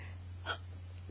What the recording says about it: Mine are so violent. My hiccups are gonna stop soon.